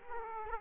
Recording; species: mosquito wingbeat signal from an infrared sensor; Aedes aegypti